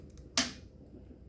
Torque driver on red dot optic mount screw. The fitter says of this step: Go ahead and back it off, and then we'll tighten it one more time till it clicks,